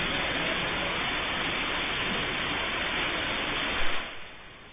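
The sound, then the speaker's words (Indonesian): Heavy rain pours down in a steady, dense hiss that stays loud and unbroken, with a brief burst of louder noise near the end before it eases slightly. “Kita menunggu hujan selesai atau bagaimana?”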